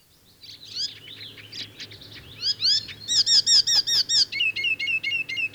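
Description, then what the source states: Icterine Warbler song: varied phrases of sweeping chirps, then a fast run of repeated high notes and a series of steady whistled notes, all high-pitched. Spring migrant arriving in Finland in May; found in lush parks of southern and central Finland; sings by day; song has its own motifs and borrows from other birds.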